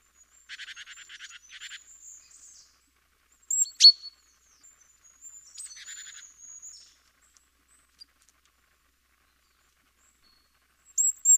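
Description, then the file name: Great tit calls: a dry, buzzy churring rattle, then sharp ringing notes, another churr, and a final pair of high notes after a quiet stretch. "Parus major"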